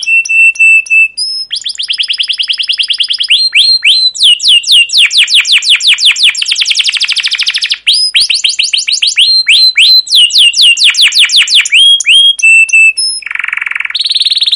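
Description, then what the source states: Canary song full of varied high trills, rapid chirp runs and short whistled notes, ending with a lower buzzy burst and a higher buzzy note. Long rolling chirping song ('cuit cuit ngerol', 'gacor panjang') of a canary, used as a lure and training recording for other canaries.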